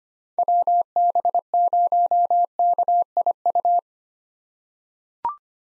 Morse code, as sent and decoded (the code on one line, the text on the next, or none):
.-- -... ----- -.- .. ..-
WB0KIU